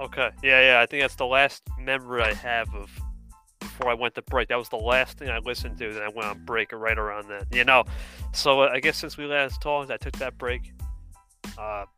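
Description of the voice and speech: A man speaks conversationally at a relaxed, even pace with a mid-low pitch and natural intonation, pausing briefly between phrases. Articulation is clear and fluent, with no hoarseness, slurring or repetitions: typical adult speech.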